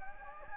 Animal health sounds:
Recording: mosquito wingbeat signal from an infrared sensor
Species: Anopheles gambiae

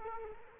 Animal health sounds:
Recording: mosquito wingbeat signal from an infrared sensor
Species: Culex quinquefasciatus

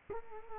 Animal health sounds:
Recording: mosquito wingbeat signal from an infrared sensor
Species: Culex quinquefasciatus

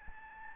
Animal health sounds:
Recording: mosquito wingbeat signal from an infrared sensor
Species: Aedes albopictus

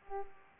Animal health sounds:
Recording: mosquito wingbeat signal from an infrared sensor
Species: Culex pipiens

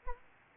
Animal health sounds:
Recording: mosquito wingbeat signal from an infrared sensor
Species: Aedes albopictus

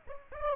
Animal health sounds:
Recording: mosquito wingbeat signal from an infrared sensor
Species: Aedes aegypti

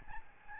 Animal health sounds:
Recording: mosquito wingbeat signal from an infrared sensor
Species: Aedes albopictus

